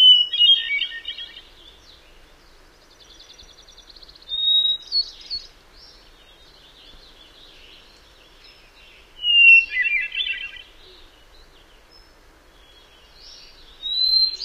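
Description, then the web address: Hermit thrush song: separate phrases, each opening on a clear held whistle then breaking into a fluty, tumbling cascade, repeated about every four to five seconds at shifting pitches. "Songs of Birds of North America Know Your Bird Sounds Common Western Species. Hermit Thrush"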